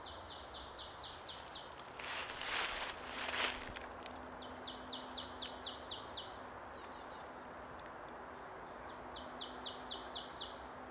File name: Poecile palustris